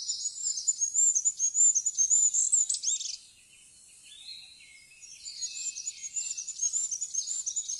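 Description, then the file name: Goldcrest song: very high, thin rhythmic phrases of rapid repeated notes ending in a short flourish, a pause, then another high, thin phrase begins. "fuglekonge"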